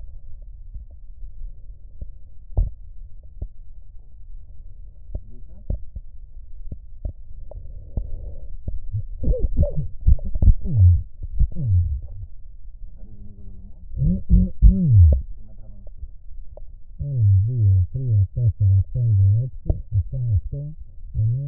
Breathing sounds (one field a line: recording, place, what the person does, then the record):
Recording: lung sounds by stethoscope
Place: right posterior basal chest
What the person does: quiet breathing, then cough and speech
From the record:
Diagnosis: none (healthy)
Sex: male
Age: 60 years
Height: 190 cm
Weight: 150 kg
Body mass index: 41.6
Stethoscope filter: extended mode